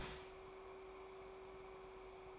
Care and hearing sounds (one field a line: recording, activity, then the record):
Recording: daily activity, microphone in the room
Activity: start toaster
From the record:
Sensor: 1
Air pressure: 1014.7 hPa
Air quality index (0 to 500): 198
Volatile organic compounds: 32 ppm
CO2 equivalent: 2992 ppm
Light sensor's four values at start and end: 4/8/3/3 and 4/8/3/3